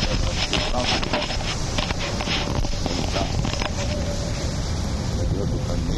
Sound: microphone rattling

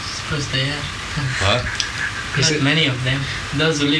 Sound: laughs

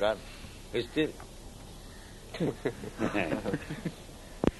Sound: laughter

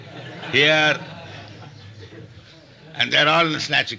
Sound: laughter

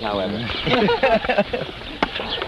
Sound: laughter

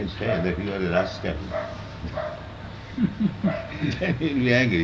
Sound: laughter

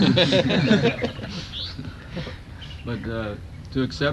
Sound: laughter

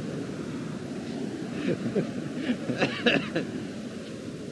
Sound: laughter

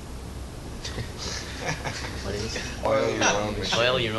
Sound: laughter

